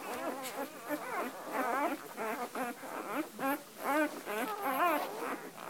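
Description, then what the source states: Dog puppies whimpering, several thin wavering squeals overlapping, rising and falling continuously in a busy chorus. Puppies in their first week of life.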